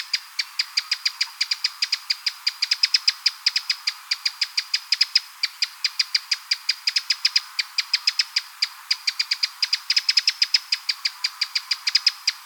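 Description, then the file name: Eurasian wren rattling out a long, rapid series of hard tick notes that barely pause. "Troglodytes troglodytes"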